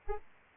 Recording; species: mosquito wingbeat signal from an infrared sensor; Anopheles arabiensis